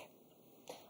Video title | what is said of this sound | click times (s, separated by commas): JewelleryMaker LIVE 08/12/2020 - 12pm - 8pm | so very very secure just opens and closes like so you can hear that click there as well | 0.7 s